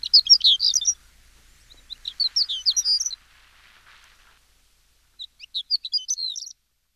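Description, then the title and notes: Horned lark song: two bursts of high, tinkling, jumbled notes, a pause, then a third short twittering phrase, all thin and bright against a quiet background. "Tunturikiuru. Tuukka Kupiainen"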